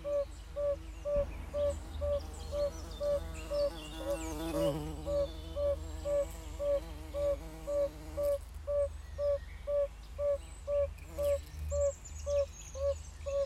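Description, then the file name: Yellow-bellied toad calls: soft, low hooting notes repeated steadily about twice a second, with a brief burst of buzzy, chattering background sound midway. "Gelbbauchunke"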